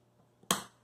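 A second SO-DIMM memory module is pressed down flat into its slot on an Asus mini-ITX motherboard (a Core i3 board replacing a TiVo Roamio's motherboard). After near silence, the retaining clips give a single sharp, bright snap at 0.5 s that rings briefly and fades by about 0.7 s. The module is seated.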